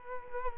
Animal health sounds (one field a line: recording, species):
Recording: mosquito wingbeat signal from an infrared sensor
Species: Culex quinquefasciatus